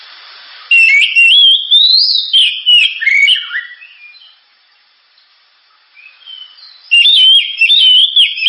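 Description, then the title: Oriental magpie-robin song, a loud sweeping phrase of bright whistles rising and falling, a pause of near silence, then another sharp burst of notes. Gacor (persistently singing) bird with a sharp, very loud voice; recording presented as a pancingan, a lure to prompt other birds to sing. "Kacer Gacor Suara Tajam. Kacer Gacor Suara Super Kenceng Cocok untuk Pancingan"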